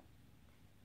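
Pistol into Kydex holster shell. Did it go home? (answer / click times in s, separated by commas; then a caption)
no / none. A pistol is handled at the Kydex holster shell on its third reholstering, where the Kydex wrap around the trigger guard gives a positive retention click. Only a steady low rumble and faint handling noise are heard with no sharp transients. Nothing has seated or clicked yet.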